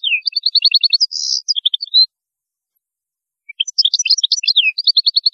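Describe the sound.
European goldfinch song in two quick tinkling phrases of twitters and a brief buzz, separated by a pause of about one and a half seconds.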